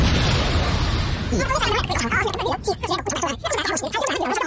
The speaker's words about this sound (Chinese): 咁但係喺個 lab 度爆炸。